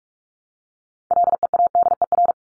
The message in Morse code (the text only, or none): LEADER